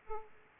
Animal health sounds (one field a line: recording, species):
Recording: mosquito wingbeat signal from an infrared sensor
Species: Aedes aegypti